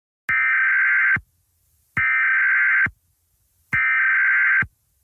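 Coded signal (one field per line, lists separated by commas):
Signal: Emergency Alert System (SAME) tones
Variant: header bursts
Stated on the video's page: Fictional EAS scenario; may or may not include valid EAS tones.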